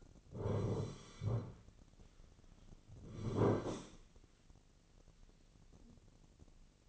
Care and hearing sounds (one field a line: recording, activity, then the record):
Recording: daily activity, microphone in the room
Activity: sit down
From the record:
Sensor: 4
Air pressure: 1010.0 hPa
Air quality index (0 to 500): 196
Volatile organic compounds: 3 ppm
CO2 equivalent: 1406 ppm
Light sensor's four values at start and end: 40/98/41/44 and 40/98/41/44